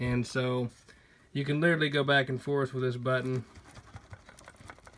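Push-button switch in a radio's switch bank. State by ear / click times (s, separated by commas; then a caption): not seated / none. Someone talks, then a band/function push-button in the switch bank of an old radio is pushed back and forth, making faint, quick tapping sounds from about 4.1 to 4.9 seconds. Its plastic catch is melted, so the button springs back without latching, and it never clicks or stays in.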